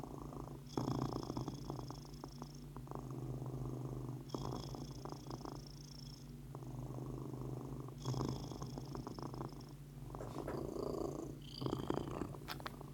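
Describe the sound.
Cat purring steadily, a low rumbling throb in long breathing cycles.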